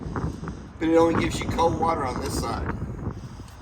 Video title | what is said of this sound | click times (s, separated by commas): Virtual Walkthrough: 2022 Forest River Salem Hemisphere 270FKS Travel Trailer at Parkland RV Center | like an air hose, clicks in place, | 0.2 s